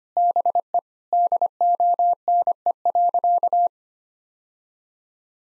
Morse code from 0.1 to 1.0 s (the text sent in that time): BE